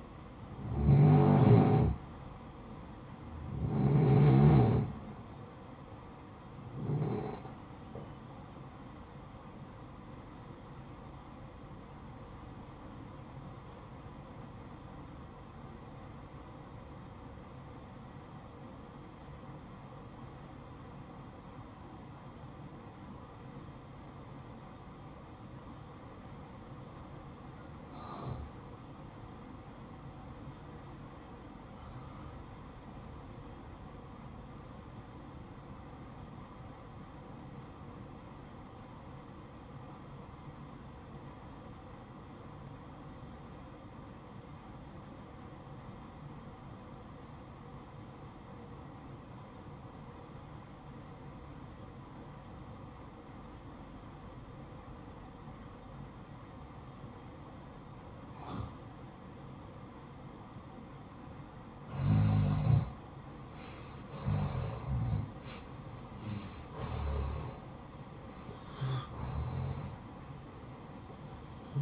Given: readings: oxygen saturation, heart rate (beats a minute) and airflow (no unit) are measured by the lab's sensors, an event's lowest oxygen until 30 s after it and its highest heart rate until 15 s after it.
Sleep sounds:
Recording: breathing in sleep by a smartphone at the bedside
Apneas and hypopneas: 1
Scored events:
12.00-62.10 s: obstructive apnea (N1, oxygen 94% highest, then 79% lowest, heart rate 57 at the start, 81 highest)
13.00-71.82 s: new sleep stage, REM sleep
From the record:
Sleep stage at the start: N1 (lightest sleep)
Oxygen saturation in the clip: 82 to 94%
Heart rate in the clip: 53 to 78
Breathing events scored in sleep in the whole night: 573 in 9.8 hours asleep

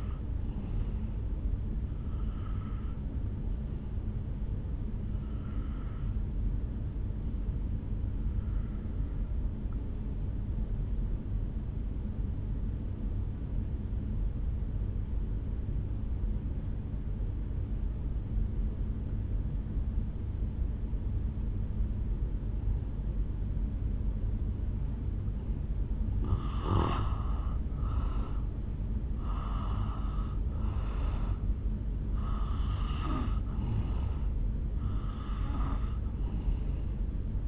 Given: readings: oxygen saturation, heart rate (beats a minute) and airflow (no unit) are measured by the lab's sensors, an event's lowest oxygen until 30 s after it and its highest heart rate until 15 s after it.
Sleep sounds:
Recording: breathing in sleep by a smartphone at the bedside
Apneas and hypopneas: 1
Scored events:
8.00-25.20 s: obstructive apnea (N2, oxygen 95% highest, then 86% lowest, heart rate 61 at the start, 69 highest)
From the record:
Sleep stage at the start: N2 (light sleep)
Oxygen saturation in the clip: 84 to 96%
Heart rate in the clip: 58 to 69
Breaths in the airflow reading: 7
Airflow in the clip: -7.4 to 3.7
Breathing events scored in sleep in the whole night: 449 in 7.0 hours asleep

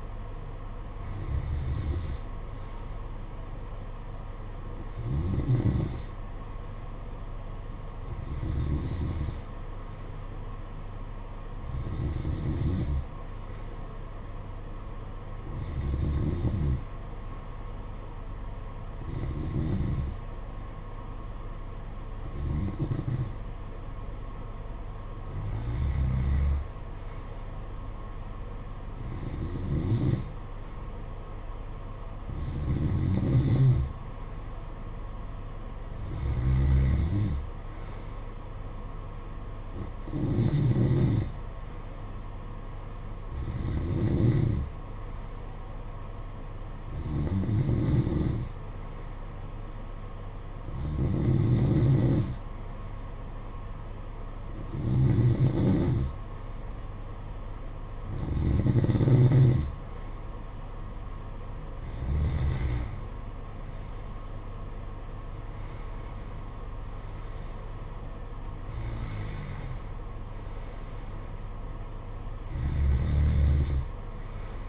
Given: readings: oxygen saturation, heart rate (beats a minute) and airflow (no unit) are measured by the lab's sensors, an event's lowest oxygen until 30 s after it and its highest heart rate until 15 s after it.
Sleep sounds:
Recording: breathing in sleep by a smartphone at the bedside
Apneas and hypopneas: 1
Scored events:
4.00-74.69 s: new sleep stage, N2 (light sleep)
7.00-31.60 s: hypopnea (N2, oxygen 94% highest, then 91% lowest, heart rate 54 at the start, 56 highest)
From the record:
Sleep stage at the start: N1 (lightest sleep)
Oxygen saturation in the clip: 90 to 94%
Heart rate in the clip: 53 to 61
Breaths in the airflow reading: 21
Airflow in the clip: -9.6 to 8.0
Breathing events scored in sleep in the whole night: 476 in 9.7 hours asleep

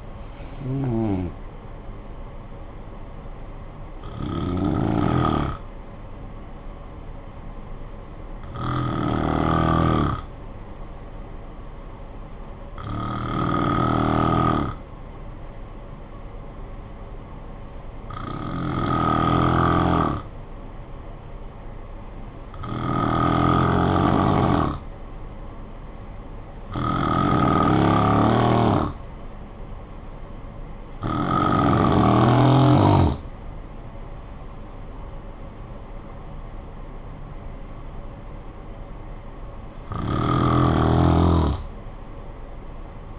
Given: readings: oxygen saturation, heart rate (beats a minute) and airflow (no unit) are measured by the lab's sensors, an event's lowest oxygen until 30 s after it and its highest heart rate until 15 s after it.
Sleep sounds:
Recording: breathing in sleep by a smartphone at the bedside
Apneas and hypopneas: 1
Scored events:
3.00-28.10 s: hypopnea (N1, oxygen 95% highest, then 90% lowest, heart rate 53 at the start, 70 highest)
11.00-41.00 s: new sleep stage, N2 (light sleep)
41.00-43.19 s: new sleep stage, N1 (lightest sleep)
From the record:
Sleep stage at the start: N1 (lightest sleep)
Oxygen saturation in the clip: 89 to 95%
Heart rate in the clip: 53 to 74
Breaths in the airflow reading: 10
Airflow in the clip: -11.1 to 10.1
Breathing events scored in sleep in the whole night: 445 in 7.6 hours asleep

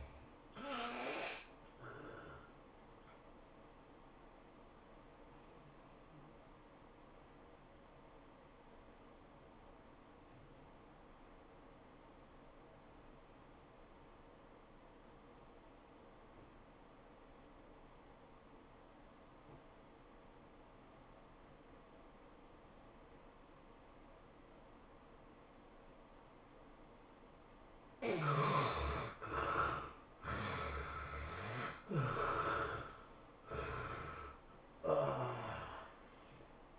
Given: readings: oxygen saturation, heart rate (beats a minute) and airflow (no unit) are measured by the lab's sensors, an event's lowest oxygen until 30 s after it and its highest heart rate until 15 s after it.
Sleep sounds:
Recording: breathing in sleep by a voice recorder at the bedside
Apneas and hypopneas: 1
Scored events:
4.00-28.80 s: obstructive apnea (N2, oxygen 94% highest, then 71% lowest, heart rate 109 at the start, 110 highest)
26.00-36.79 s: new sleep stage, N1 (lightest sleep)
From the record:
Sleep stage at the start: N2 (light sleep)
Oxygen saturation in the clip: 72 to 94%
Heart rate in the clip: 81 to 109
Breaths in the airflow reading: 3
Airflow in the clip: -18.2 to 17.4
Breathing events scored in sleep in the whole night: 403 in 5.5 hours asleep

